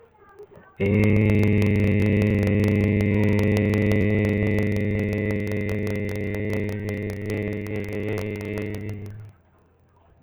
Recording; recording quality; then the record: sustained vowel as in made; moderate, slight background noise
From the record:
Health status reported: healthy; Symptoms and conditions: none ticked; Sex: male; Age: 18 years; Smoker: not ticked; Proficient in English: yes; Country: India